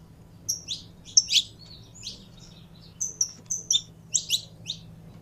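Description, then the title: Belgian canary singing brief bright twittering phrases with a short pause midway, over a faint steady low hum. Song of a purebred Belgian canary. "Canto Do Canário Belga Puro"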